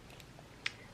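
A plastic flip-top cap on a body wash bottle snaps with a single sharp click at 0.7 s, after two faint ticks near 0.1 s and 0.2 s over quiet background noise. The cap clicks shut.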